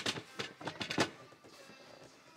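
A closing/locking mechanism is set into its notch and turned into position on a C400 portable toilet housing, producing a series of short plastic-sounding knocks and handling thunks at about 0.4, 0.8 and 0.9 seconds, followed by quieter rustling. Nothing has seated or clicked yet.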